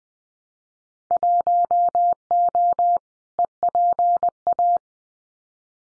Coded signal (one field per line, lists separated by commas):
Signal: Morse code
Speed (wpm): 20 wpm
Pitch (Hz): 700 Hz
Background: none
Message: 1O EPA